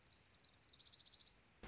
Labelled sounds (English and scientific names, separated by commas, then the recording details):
Orange-crowned Warbler (Leiothlypis celata)
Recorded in Sonoma County, California